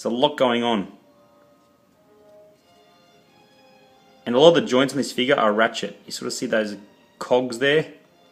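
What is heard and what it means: Someone talks about a Hot Toys ED 209 plastic action figure while handling a ratcheted joint on its limb, with quiet faint tones in the pause between their words. The ratchet joint has not clicked or locked into place yet; nothing has seated by the end of the clip.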